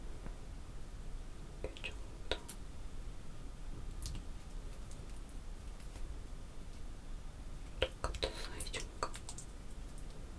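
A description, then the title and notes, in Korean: Artificial nails tap on objects like a perfume bottle and its cap, giving short, bright clicks. Taps come in small bunches near the second and fourth seconds, then a quicker flurry from about eight to nine seconds. A steady low hiss sits underneath throughout. 인조손톱 태핑. 향수, 뚜껑 등.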